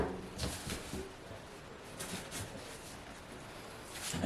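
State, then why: Not seated. Someone repeatedly knocks and presses a laminate floor plank's click-lock edge against the adjoining plank, producing short bursts of knocking and scraping around 0.4–0.7 s, 2.0–2.4 s and 4.0–4.3 s. The joint does not engage, and nothing has clicked or seated into place.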